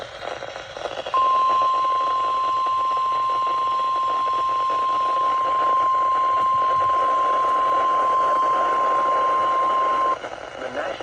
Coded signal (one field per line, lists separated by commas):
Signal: Emergency Alert System (SAME) tones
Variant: 1050 Hz attention tone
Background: speech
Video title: Multicellular Misery - EAS Alerts from 8/30/24 || EAS 1,449-1,465